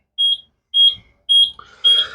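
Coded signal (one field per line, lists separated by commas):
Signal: beep code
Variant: mobility scooter controller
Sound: four short, evenly spaced high-pitched beeps, about two per second, repeating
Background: brief speech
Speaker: Flip the key back on.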